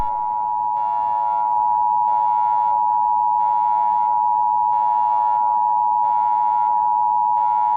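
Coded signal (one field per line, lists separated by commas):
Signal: Emergency Alert System (SAME) tones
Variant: 853 and 960 Hz attention tone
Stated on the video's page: A fictional EAS scenario about a nuclear disaster, not a real alert.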